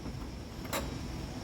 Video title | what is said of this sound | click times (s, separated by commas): Bestbath Wood Bottom Pan Installation Instructions | and then finally you're going to put the drain screen until it snaps in place | 0.7 s